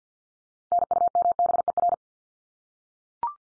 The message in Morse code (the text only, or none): NUMBER